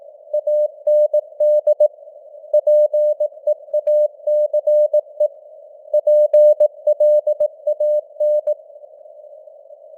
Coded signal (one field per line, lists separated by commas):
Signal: Morse code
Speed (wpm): 18 wpm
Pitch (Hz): 600 Hz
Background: none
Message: AND PEACE PLAN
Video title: Morse Code News | 2025-10-09 | 18wpm